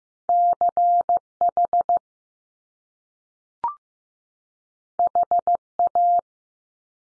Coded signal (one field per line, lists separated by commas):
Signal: Morse code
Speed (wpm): 15 wpm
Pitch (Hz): 700 Hz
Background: none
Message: C H H A